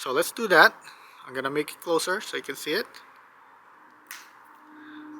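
Someone talks, then pushes a blue plastic piercing tool into a pool winterizing chemical pod until it snaps into place. After a short quiet pause, one sharp snap is heard at 4.1 seconds, and the tool is seated.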